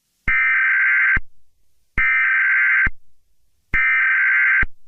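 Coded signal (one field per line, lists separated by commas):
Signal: Emergency Alert System (SAME) tones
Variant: header bursts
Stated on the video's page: Fictional EAS scenario presented as a national alert.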